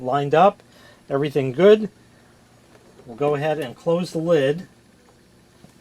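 A Kejector Blusmart vacuum sealer sits with a bag lined up in the machine, ready for its lid to be closed over the bag and pressed down to latch onto the base. Someone talks throughout, with no other distinct sounds. The lid has not been pressed down and nothing has seated or clicked yet.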